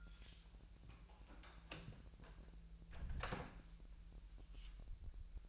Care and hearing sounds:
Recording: daily activity, microphone in the room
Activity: close door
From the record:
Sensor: 2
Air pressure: 1001.4 hPa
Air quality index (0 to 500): 243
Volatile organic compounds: 78 ppm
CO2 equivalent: 3589 ppm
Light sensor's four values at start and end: 7/17/7/7 and 7/18/7/7

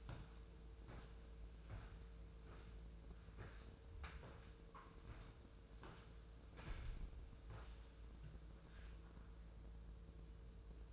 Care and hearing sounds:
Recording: daily activity, microphone in the room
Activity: walk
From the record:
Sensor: 2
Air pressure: 1005.2 hPa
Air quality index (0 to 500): 100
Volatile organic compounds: 2 ppm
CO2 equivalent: 1214 ppm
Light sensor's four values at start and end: 8/20/8/8 and 8/20/8/8

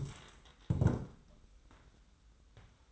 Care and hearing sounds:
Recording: daily activity, microphone in the room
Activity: stand up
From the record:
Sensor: 3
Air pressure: 990.4 hPa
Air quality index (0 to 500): 169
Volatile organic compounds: 1000 ppm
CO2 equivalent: 5469 ppm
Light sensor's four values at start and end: 45/106/44/42 and 45/106/43/42

